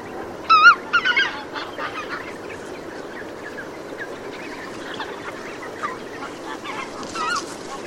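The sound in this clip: Bird producing a quick series of nasal honks near the start, followed by scattered, softer honking calls against a constant background hiss.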